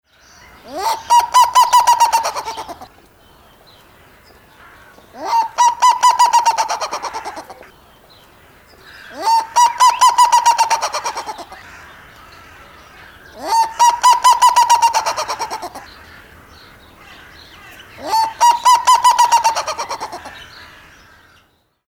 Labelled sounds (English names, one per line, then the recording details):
Black-legged Seriema
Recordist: Tembrock, Günter
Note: Kurze Rufreihe